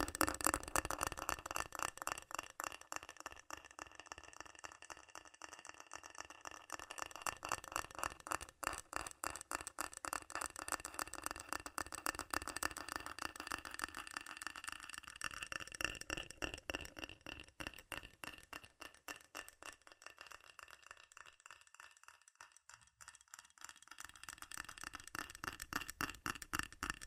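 Fast, furious tapping on metal, a dense rattling stream of sharp bright clicks that thins briefly near twenty seconds before picking up again.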